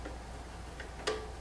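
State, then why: Released. A one-key release bolt on a StreetStrider crank is unscrewed to pull the metal crank arm off the bottom bracket spindle, and the bolt keeps turning until it reaches the end of its extension. A soft click sounds at 0.8 s, then a sharper, louder click at 1.1 s, and the crank arm is released.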